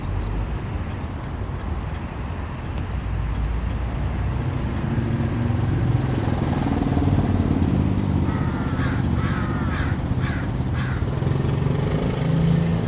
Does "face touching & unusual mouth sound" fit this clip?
no